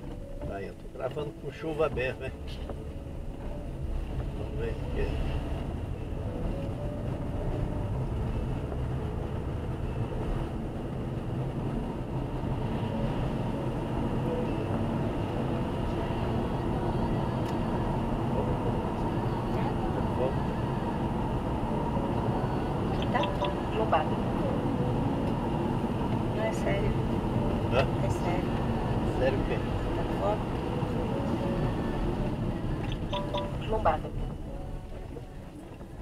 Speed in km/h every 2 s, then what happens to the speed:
17, 25, 33, 41, 47, 52, 56, 61, 65, 64, 65, 66, 62, 63, 65, 55, 19, 12.
0-16 speeds up to 65. 16-29 steady at about 65. 29-33 brakes to 12.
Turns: none.